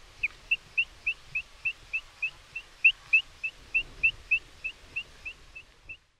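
Eurasian dotterel calling with a rapid, steady run of short piping whistles, roughly three per second, over faint low rumble.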